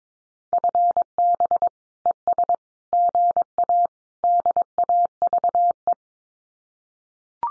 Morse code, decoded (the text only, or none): FB ES GA DAVE